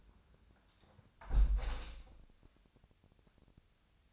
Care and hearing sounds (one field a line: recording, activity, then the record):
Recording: daily activity, microphone in the room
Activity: close window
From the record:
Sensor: 2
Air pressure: 1000.3 hPa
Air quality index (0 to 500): 142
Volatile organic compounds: 2 ppm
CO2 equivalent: 1183 ppm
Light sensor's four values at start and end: 11/31/12/14 and 11/30/11/13